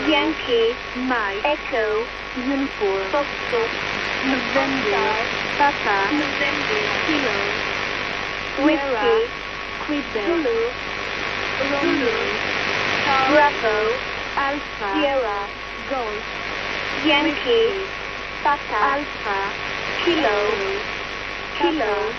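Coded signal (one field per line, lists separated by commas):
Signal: numbers station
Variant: E10 or E15, phonetic alphabet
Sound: a voice reading phonetic-alphabet letters one by one at an even pace, like Yankee, Mike, Echo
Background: radio static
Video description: Numbers station (probably E15 or E10 - Mossad) received on 14th February 2010 at 01:34 UTC on 6840 kHz USB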